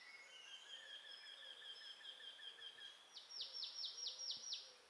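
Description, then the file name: Marsh tit calls: a thin, steady run of rapid high notes, then a burst of several quick, sharply falling high notes near the end. "Poecile palustris"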